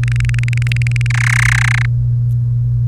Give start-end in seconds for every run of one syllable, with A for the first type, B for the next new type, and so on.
0.03-1.06 A, 1.10-1.85 B